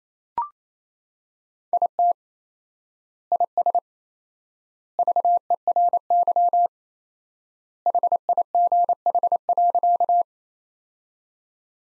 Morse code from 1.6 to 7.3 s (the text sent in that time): IT IS VERY